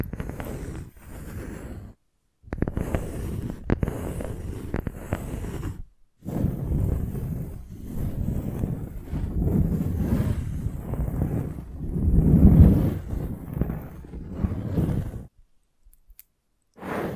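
Soft tapping, scratching and tracing sounds come in bursts of low, rough rubbing, split by several short silences near 1, 2, 6 and 15 seconds. The scraping stays dull and muffled, swelling slightly around 12 seconds, with a few sharp clicks scattered through.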